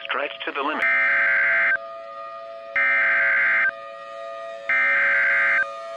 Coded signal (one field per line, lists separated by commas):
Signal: Emergency Alert System (SAME) tones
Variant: header bursts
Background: speech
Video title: EAS Scenario Sins: REVIVED - Episode 3: H2Overflow